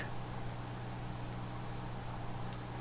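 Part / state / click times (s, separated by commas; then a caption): laptop case screw into threaded boss / seated / 2.5 s. A small laptop case screw on an HP 17-g121wm laptop is turned counter-clockwise in a threaded boss of the chassis until it drops into the thread start, giving a single sharp click at 2.5 s over steady low hum and hiss. The screw has seated in the thread start and is then turned clockwise.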